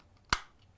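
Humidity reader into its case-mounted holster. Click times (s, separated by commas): 0.3 s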